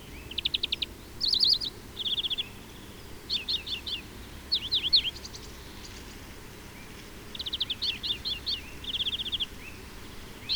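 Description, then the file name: European greenfinch calls: short bursts of rapid chattering twitters, given in clusters of three to five notes with pauses between groups. "Chloris chloris"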